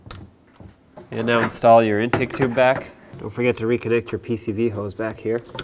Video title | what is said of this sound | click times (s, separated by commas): How to Replace Throttle Body 2007-14 Chevy Silverado | and then lock | 0.1 s